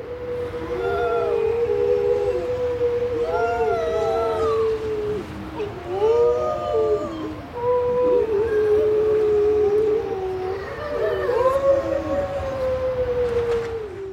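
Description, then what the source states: Grey seal wails: long, wavering, mournful tones that swell and fade, with overlapping groaning notes, continuing with short breaks throughout. Grey seals recorded in Northumberland; haunting, human-like, almost childlike wails, groans and gargles.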